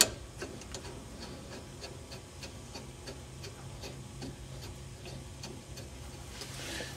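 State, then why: Not seated. A brake caliper bolt on a 2006 Chevy HHR LX is started by hand into its threads in the steering knuckle / caliper bracket before any ratchet is used, because starting it with a tool risks cross-threading. Small, scattered ticks from handling the bolt sound over a low steady background hum, with a sharp tick right at the start. The bolt has caught its threads by hand, but nothing has seated or clicked yet.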